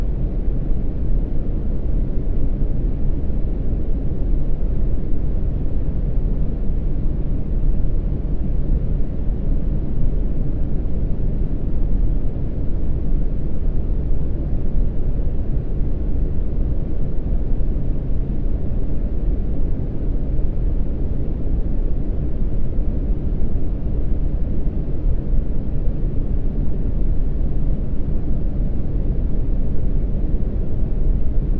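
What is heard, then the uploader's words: Deep brown noise plays as a steady, dense rumble, weighted heavily toward the low end with almost nothing bright above it. The level stays constant for the full half-minute, with no breaks, swells or separate events, like an engine or heavy airflow. DEEP BROWN NOISE. Brown noise is a soft, low-pitched sound that resembles the sound of a waterfall or a distant rumble of thunder.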